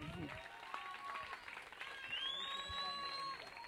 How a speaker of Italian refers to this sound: Grande minuto, un applauso.